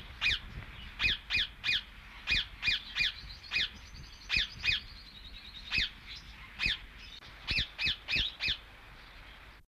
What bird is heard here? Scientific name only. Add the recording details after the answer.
Psittacula eupatria. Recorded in captivity. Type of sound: call. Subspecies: nipalensis. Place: Vogelpark Walsrode, Niedersachsen, DE. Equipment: Halbspur, 9,5 cm/s. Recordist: Lütgens, Hans. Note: Rufe